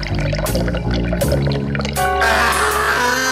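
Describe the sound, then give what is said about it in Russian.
Water is poured down a stairway from a bucket in one steady, loud rushing splash lasting a few seconds, with a sustained tonal hum running underneath and no one speaking. “Я взяла ведро и отправилась на лестницу. Откинула железный ковш и вылила воду вниз.”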